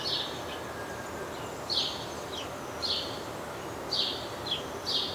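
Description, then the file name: House sparrow chirping: five buzzy cheeps at uneven intervals, several trailed by a short lower note, over a broad background rush. "Passer domesticus"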